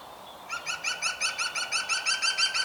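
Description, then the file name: European green woodpecker with a quick, evenly paced series of ringing, yelping notes running through nearly the whole short excerpt. "Groene Specht Picus viridis"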